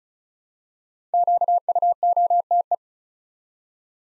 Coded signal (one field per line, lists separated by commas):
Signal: Morse code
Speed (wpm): 34 wpm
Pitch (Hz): 700 Hz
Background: none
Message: QUOTE